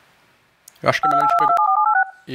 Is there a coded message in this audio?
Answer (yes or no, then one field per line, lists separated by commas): yes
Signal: DTMF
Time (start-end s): 1.0-2.3 s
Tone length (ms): 100 ms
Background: speech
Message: 52827274786